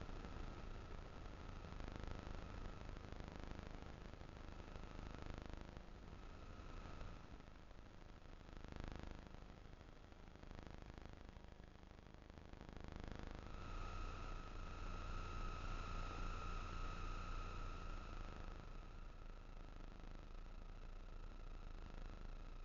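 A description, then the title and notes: Electromagnetic interference forms a steady, dense hiss with a low hum underneath and a thin held tone running throughout. The tone swells brighter from about 13 to 18 seconds, with faint higher tones joining it. Brief dips in the noise come around 6 and 9 seconds. Vlad designed it for hearing the invisible electromagnetic frequencies that surround us. Ether is a handheld object, a little black box, that contains a magnetic antenna and an integrated electronic antenna. The composition time-smears and overlays excerpts from an hour long recording I made on a 3km roundtrip walk.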